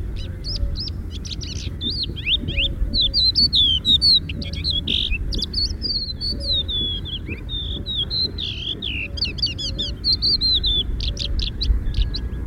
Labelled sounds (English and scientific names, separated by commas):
Crested Lark (Galerida cristata) song